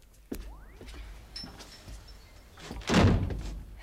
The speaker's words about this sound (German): Mach doch mal die Tür wieder zu, ja?